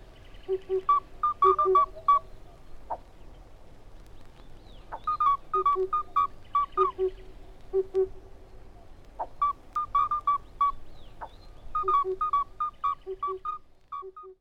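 Bird repeating short groups of low, hollow, hooting notes with brighter overtones, the bursts returning every couple of seconds, with scattered clicks in the background.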